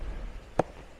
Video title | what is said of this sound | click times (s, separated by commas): #BMW #F82 #M4 DIY Charge pipe install (FTP Motorsport) | it locks in place | 0.6 s